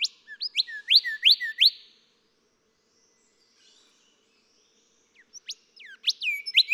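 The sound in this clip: Golden whistler song: a rapid series of upslurred whistled notes, a pause, then more varied sliding whistles.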